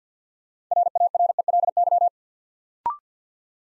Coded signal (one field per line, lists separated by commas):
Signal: Morse code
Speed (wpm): 50 wpm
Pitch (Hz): 700 Hz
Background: none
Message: RARELY